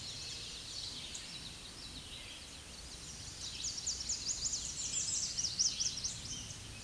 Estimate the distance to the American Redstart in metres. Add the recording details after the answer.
about 40 m. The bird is about 10 m above the microphone. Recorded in a Pennsylvania forest on 16 May 2024 at 06:53. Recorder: AudioMoth, point MSD-1679. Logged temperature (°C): 16.1 °C. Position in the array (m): 123 m, 205 m